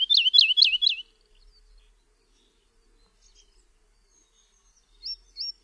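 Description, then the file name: Woodlark song: a few loud, looping whistled notes, then a pause, then two short whistles near the end. "LERKA"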